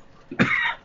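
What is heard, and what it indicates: A single short, harsh cough from an adult man, interrupting his speech.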